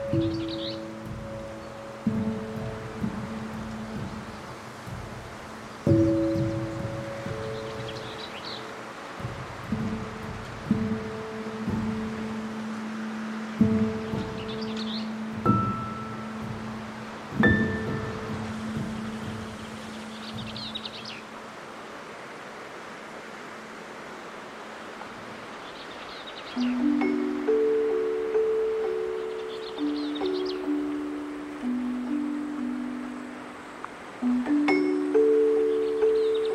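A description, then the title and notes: Outdoor sound at Patagonia Lake State Park in SE Arizona: low, chime-like notes ring and fade in uneven clusters, with a quieter lull around 21 to 26 seconds before a busier, higher run of tones. Faint brief chirps sit in the background. Patagonia Lake State Park in SE Arizona.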